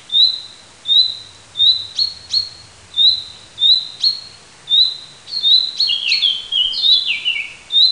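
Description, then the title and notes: Common chaffinch repeating a clipped, high note at a steady pace, then a jumble of falling twittering notes. Recorded in a park at Parabiago, Italy, in June 2003. "Parco del Roccolo, Parabiago, Fringuello nel parco del Roccolo. fringuello nel parco del roccolo (giugno 2003)"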